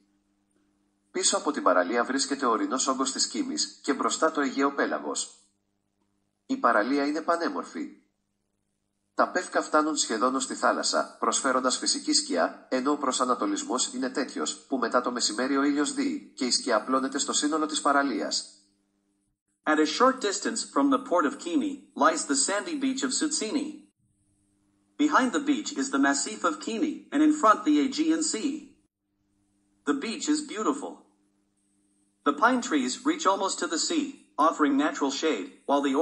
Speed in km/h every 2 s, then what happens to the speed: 4, 2, 5, 8, 16, 23, 28, 28, 23, 22, 24, 24, 21, 16, 10, 6, 8, 16.
0-5 steady at about 4. 5-12 speeds up to 28. 12-23 steady at about 24. 23-29 slows to 6. 32-36 speeds up to 16.